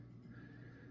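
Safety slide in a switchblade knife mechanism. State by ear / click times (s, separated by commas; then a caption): not seated / none. A safety slide in an Italian switchblade knife mechanism is being handled and worked while the part is held in. A steady low hum and mid-frequency tone fill the clip with no distinct click. Nothing has seated or clicked into place yet.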